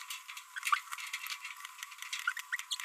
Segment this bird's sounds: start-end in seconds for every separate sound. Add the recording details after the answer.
0.56-0.59, 0.63-0.79, 2.37-2.40, 2.71-2.75. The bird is a female. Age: 27 days. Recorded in a nest box in Venezuela. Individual 17B42B3